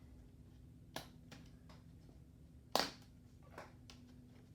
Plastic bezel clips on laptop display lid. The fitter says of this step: take my time not much pressures required it was pop loose like it wants to come off next